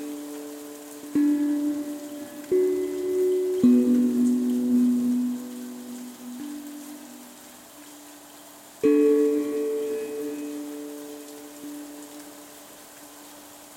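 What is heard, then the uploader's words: A pan drum plays slow, ringing notes, struck at about 1, 2.5, 3.7 and 9 seconds, each tone mid-pitched and sustaining for several seconds as it fades. A soft, steady hiss of rain runs underneath throughout, even. Pan Drum with Rain.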